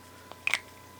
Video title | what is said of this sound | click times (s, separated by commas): Toy Spot - Justice League Unlimited 6 pack featuring Exclusive Gorilla Grodd | doesn't really fit. It doesn't snap into place or anything like that. It's just completely loose. | none